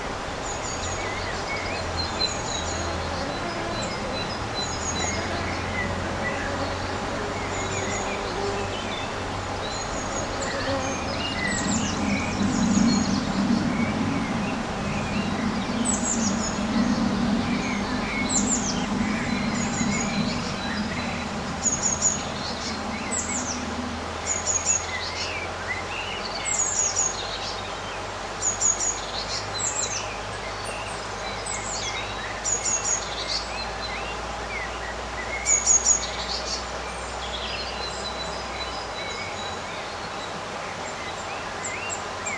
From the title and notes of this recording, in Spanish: Un día de verano en el jardín. En este paisaje sonoro encantador, experimenten la magia de un día de verano casi sin viento. Los pájaros entonan sus dulces melodías.